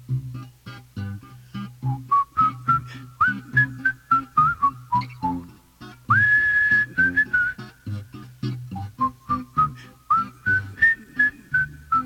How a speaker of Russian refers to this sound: Ты что, мой друг, свистишь?